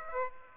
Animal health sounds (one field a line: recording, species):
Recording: mosquito wingbeat signal from an infrared sensor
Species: Aedes aegypti